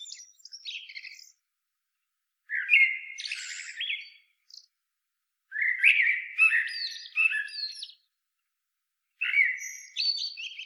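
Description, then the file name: Common blackbird singing three main phrases, each a mellow low whistled warble followed by thin, scratchy high twitters, with silent gaps between them. "Turdus merula"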